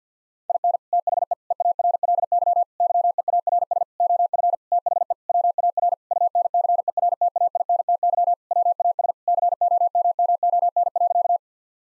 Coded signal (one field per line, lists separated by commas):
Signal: Morse code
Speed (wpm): 50 wpm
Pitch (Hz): 700 Hz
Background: none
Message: IN THE EARLY YEARS OF THE WAR UNCERTAINTY WAS COMMON.